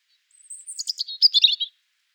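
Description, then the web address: European Robin song phrase: a single thin, high warble of quick descending notes and short trills lasting just over a second, with silence around it. "erithacus rubecula call"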